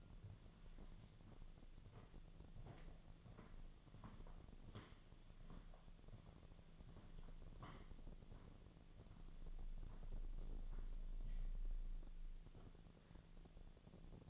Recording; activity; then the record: daily activity, microphone in the room; walk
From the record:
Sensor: 4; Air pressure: 1009.1 hPa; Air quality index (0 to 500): 169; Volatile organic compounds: 4 ppm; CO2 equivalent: 1697 ppm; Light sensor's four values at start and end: 24/75/29/28 and 24/76/29/28